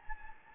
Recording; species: mosquito wingbeat signal from an infrared sensor; Anopheles gambiae